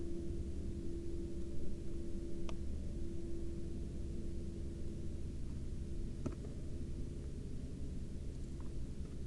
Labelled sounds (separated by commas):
man-made sound